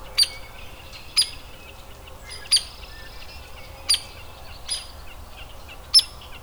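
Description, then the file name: Hairy woodpecker repeating a loud, sharp peek about every second, six notes in all, amid faint twittering of other birds. Adult. "Hairy WPAdult"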